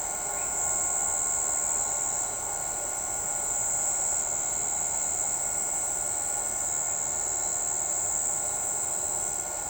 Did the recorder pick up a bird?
no